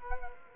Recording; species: mosquito wingbeat signal from an infrared sensor; Culex quinquefasciatus